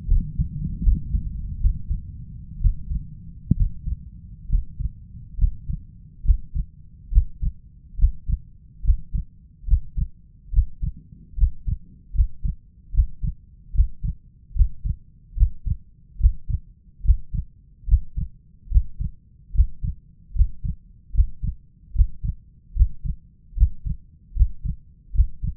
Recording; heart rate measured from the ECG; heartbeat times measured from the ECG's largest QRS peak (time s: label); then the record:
heart sounds by stethoscope; 72 bpm
0.08 s: heartbeat
0.83 s: heartbeat
1.60 s: heartbeat
2.61 s: heartbeat
3.56 s: heartbeat
4.49 s: heartbeat
5.38 s: heartbeat
6.24 s: heartbeat
7.11 s: heartbeat
7.98 s: heartbeat
8.83 s: heartbeat
9.67 s: heartbeat
10.52 s: heartbeat
11.37 s: heartbeat
12.14 s: heartbeat
12.93 s: heartbeat
13.74 s: heartbeat
14.55 s: heartbeat
15.36 s: heartbeat
16.19 s: heartbeat
17.04 s: heartbeat
17.87 s: heartbeat
18.70 s: heartbeat
19.54 s: heartbeat
20.35 s: heartbeat
21.13 s: heartbeat
21.94 s: heartbeat
22.75 s: heartbeat
23.56 s: heartbeat
24.35 s: heartbeat
25.14 s: heartbeat
From the record:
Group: healthy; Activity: breath hold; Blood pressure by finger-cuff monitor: 152/95 mmHg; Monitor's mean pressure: 111 mmHg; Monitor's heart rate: 72 bpm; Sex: male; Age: 23 years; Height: 179 cm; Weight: 87 kg